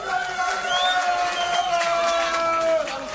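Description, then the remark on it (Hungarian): A crowd claps and cheers steadily for about three seconds, with dense, even applause, scattered whoops and a few sustained high-pitched shouts or whistles rising above the noise. “Tapsoljuk már meg!”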